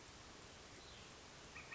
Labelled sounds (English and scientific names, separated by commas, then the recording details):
Northern Flicker (Colaptes auratus)
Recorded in Sonoma County, California